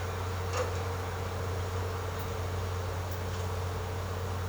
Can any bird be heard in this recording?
no